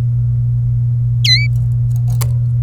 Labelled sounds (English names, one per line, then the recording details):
Domestic Canary song
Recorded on 26 April 2018 at 16:45
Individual llb3